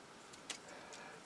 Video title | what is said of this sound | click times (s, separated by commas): Iron Factory Phantom | like this now these are snapped in place so you have to | 0.5 s